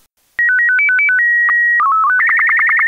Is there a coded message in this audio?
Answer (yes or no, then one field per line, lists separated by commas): no